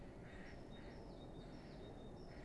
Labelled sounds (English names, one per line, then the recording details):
Great Tit
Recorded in Germany
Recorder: ecoPi